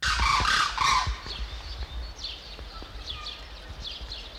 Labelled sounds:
Demoiselle Crane (Grus virgo) call
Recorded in captivity
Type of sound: call
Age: adult
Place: Zoo Halle, Sachsen-Anhalt, DE
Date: 1993-04-24
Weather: heiter, 16-24°C
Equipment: Sony WM-D6C, Sony ECM-939 LT, Kopie Uher Variocord 263
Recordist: Tembrock, Günter
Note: 3 Rufe (wohl Duett)

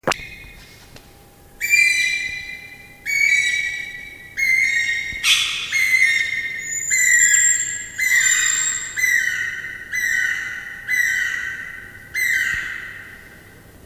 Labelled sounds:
Guira Cuckoo (Guira guira) call
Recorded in captivity
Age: adult
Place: Zoo Berlin, Berlin, DE
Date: 2000-08-29
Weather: heiter, 21°C
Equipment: Nagra SN, Kopie Uher 4000 Report Monitor
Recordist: Tembrock, Günter

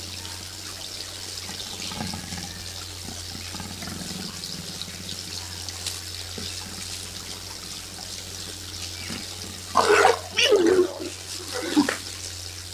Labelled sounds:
Leopard (Panthera pardus) call
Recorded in captivity
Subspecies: saxicolor
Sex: pair
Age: adult
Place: Zoo Münster, Nordrhein-Westfalen, DE
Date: 1988-10-04 13:41
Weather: overcast, 14°C
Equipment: Sony WM-D6C, Kopie Uher
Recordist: Tembrock, Günter

